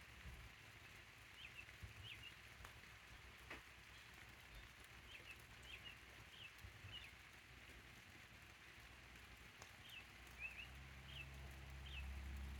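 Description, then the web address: Birds chirp in quick scattered notes while rain patters with sharp drips and a low rumble underneath. "codly ambient-or-nature birds in the rain"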